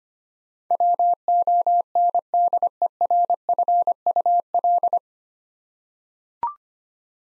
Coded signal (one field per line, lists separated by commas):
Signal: Morse code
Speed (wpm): 25 wpm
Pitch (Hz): 700 Hz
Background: none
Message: WONDERFUL